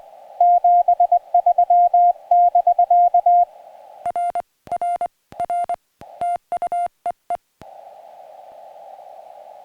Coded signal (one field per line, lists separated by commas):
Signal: Morse code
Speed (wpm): 22 wpm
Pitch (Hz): 700 Hz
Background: music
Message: 73 <BK> R R R TU EE